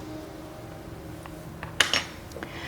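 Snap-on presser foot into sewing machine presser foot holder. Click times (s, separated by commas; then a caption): 1.8 s. A metal snap-on presser foot is placed under the presser foot holder of a SINGER Featherweight C240 sewing machine, and the presser foot lifter is lowered. After a few faint ticks, a sharp metallic snap at 1.8 s seats the foot in place, followed by a softer rattle and a light tick.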